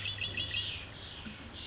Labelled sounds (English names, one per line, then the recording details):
Red-winged Blackbird
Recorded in Sonoma County, California